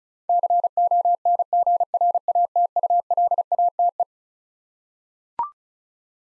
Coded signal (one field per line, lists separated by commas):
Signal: Morse code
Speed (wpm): 36 wpm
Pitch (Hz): 700 Hz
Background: none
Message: CONGRATULATE